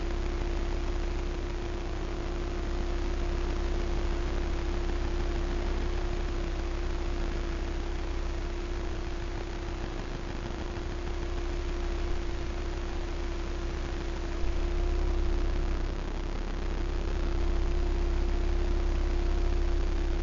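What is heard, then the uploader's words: Invisible electromagnetic frequencies hum as a steady, unchanging drone: a constant mid tone over dense hiss and heavy low rumble, swelling slightly around fifteen seconds. Vlad designed it for hearing the invisible electromagnetic frequencies that surround us. Ether is a handheld object, a little black box, that contains a magnetic antenna and an integrated electronic antenna. This episode of sonic sketchbooks is built entirely from sounds detected by Ether as I wandered about the streets of my local neighbourhood.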